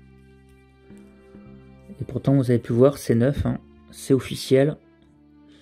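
The leg of a plastic action figure has come off on its own and is being handled to go back into its hip ball joint while someone talks over soft background music. Nothing has seated or clicked yet; the clip ends just before the leg snaps home.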